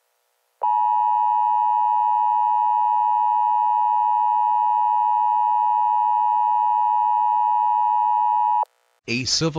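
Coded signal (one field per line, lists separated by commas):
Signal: Emergency Alert System (SAME) tones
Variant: 853 and 960 Hz attention tone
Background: speech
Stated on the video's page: Recreation of a Required Weekly Test for east coast states.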